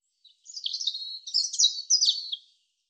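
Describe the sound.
European robin delivering a single two-second phrase of liquid, jumbled warbling notes that rise and fall in pitch.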